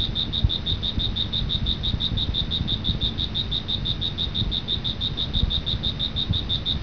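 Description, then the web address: Cricket giving a continuous high chirp, quick even pulses repeated several times each second, with a constant low rumble beneath. "特酷声音素材库 动物 昆虫 蟋蟀"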